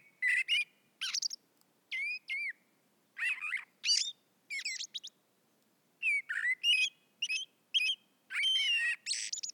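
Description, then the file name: Common blackbird delivers an almost continuous string of short squeaky and chattering notes, some bending up or down, with brief gaps between groups. "Turdus merula"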